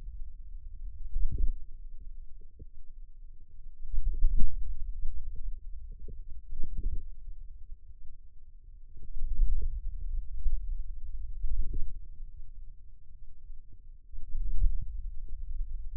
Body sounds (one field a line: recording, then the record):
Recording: forearm muscle sounds (acoustic myography)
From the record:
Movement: hand closing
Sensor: system 2, bracelet of six BSWA MPA416 microphones around the upper forearm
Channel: 6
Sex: female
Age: 22 years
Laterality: right